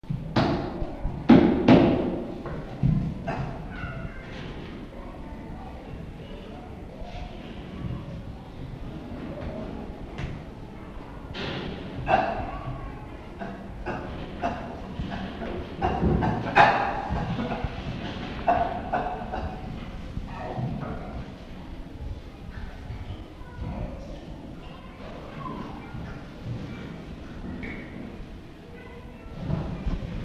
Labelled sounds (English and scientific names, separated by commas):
Chimpanzee (Pan troglodytes)